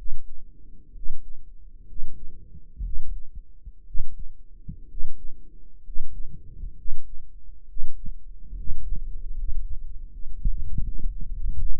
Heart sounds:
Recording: heart sounds by microphone in the right ear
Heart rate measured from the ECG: 68 bpm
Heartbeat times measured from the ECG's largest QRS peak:
0.92 s: heartbeat
1.85 s: heartbeat
2.81 s: heartbeat
3.84 s: heartbeat
4.87 s: heartbeat
5.82 s: heartbeat
6.75 s: heartbeat
7.66 s: heartbeat
8.54 s: heartbeat
9.34 s: heartbeat
10.08 s: heartbeat
10.81 s: heartbeat
11.55 s: heartbeat
From the record:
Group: healthy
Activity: rest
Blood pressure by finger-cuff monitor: 110/69 mmHg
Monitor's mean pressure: 75 mmHg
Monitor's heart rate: 67 bpm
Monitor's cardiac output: 6.5 L/min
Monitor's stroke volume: 99 mL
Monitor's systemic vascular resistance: 850 dyn s/cm5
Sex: male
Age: 23 years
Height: 178 cm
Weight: 96.6 kg

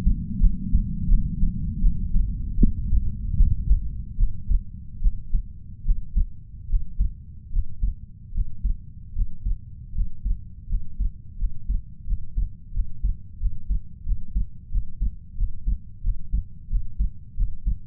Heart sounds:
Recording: heart sounds by stethoscope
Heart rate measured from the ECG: 81 bpm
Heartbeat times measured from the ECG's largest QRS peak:
0.40 s: heartbeat
1.08 s: heartbeat
1.81 s: heartbeat
2.58 s: heartbeat
3.37 s: heartbeat
4.18 s: heartbeat
5.01 s: heartbeat
5.85 s: heartbeat
6.69 s: heartbeat
7.51 s: heartbeat
8.33 s: heartbeat
9.14 s: heartbeat
9.94 s: heartbeat
10.68 s: heartbeat
11.38 s: heartbeat
12.06 s: heartbeat
12.73 s: heartbeat
13.39 s: heartbeat
14.05 s: heartbeat
14.71 s: heartbeat
15.36 s: heartbeat
16.02 s: heartbeat
16.69 s: heartbeat
17.36 s: heartbeat
From the record:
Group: healthy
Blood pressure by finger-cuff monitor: 108/65 mmHg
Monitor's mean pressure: 79 mmHg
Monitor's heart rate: 81 bpm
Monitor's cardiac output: 7.3 L/min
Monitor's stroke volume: 93 mL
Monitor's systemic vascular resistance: 730 dyn s/cm5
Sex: male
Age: 33 years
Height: 179 cm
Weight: 80.4 kg

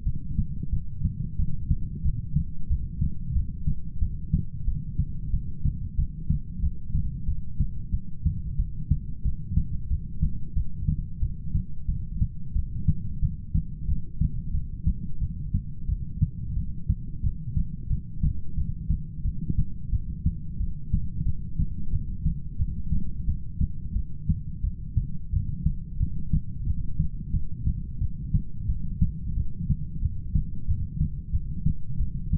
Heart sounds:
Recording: heart sounds by stethoscope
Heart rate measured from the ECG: 90 bpm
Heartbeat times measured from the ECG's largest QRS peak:
0.05 s: heartbeat
0.72 s: heartbeat
1.38 s: heartbeat
2.03 s: heartbeat
2.69 s: heartbeat
3.34 s: heartbeat
4.00 s: heartbeat
4.66 s: heartbeat
5.32 s: heartbeat
5.97 s: heartbeat
6.61 s: heartbeat
7.27 s: heartbeat
7.92 s: heartbeat
8.58 s: heartbeat
9.24 s: heartbeat
9.89 s: heartbeat
10.55 s: heartbeat
11.21 s: heartbeat
11.87 s: heartbeat
12.54 s: heartbeat
13.21 s: heartbeat
13.87 s: heartbeat
14.53 s: heartbeat
15.20 s: heartbeat
15.88 s: heartbeat
16.55 s: heartbeat
17.23 s: heartbeat
17.89 s: heartbeat
18.56 s: heartbeat
19.24 s: heartbeat
19.92 s: heartbeat
20.59 s: heartbeat
21.25 s: heartbeat
21.92 s: heartbeat
22.58 s: heartbeat
23.26 s: heartbeat
23.95 s: heartbeat
24.63 s: heartbeat
25.32 s: heartbeat
26.00 s: heartbeat
26.66 s: heartbeat
27.33 s: heartbeat
28.00 s: heartbeat
28.68 s: heartbeat
29.36 s: heartbeat
30.02 s: heartbeat
30.67 s: heartbeat
31.32 s: heartbeat
31.99 s: heartbeat
From the record:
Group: heart failure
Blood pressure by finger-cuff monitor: 104/63 mmHg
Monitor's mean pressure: 78 mmHg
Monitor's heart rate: 91 bpm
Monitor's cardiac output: 8.1 L/min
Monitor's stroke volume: 90 mL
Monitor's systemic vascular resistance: 660 dyn s/cm5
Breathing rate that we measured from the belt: 15 breaths a minute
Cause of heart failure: ischemic heart disease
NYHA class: 1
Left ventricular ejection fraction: 38%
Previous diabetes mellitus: present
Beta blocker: bisoprolol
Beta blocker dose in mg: 15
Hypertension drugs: sacubitril-valsartan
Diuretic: furosemide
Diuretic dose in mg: 20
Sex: male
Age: 33 years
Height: 172 cm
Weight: 78.5 kg

